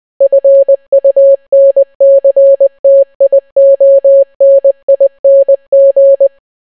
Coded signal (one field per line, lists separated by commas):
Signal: Morse code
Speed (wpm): 20 wpm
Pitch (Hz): 550 Hz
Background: none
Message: FUNCTIONING